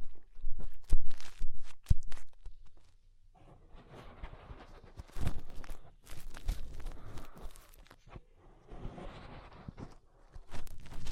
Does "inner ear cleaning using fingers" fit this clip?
yes